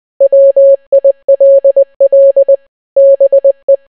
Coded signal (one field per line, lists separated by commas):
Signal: Morse code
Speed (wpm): 20 wpm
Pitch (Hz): 550 Hz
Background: none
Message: WILL BE